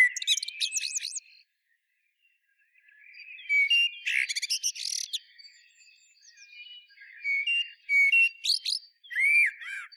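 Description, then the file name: Common blackbird song: several phrases of mellow fluted warbling mixed with squeaky high twittering flourishes, separated by short pauses. "Turdus merula"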